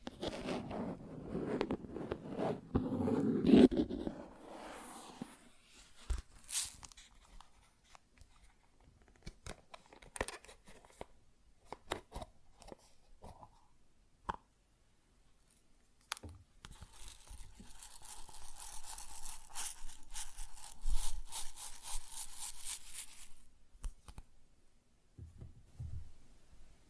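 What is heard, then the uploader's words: Grain pours and rustles, loud and dense for the first four seconds, then thins into scattered ticks and small clicks of single kernels. From about 16 to 23 seconds a bright, hissing trickle runs steadily before breaking back into sparse crackles near the end. ASMR Grain Sounds (No Talking).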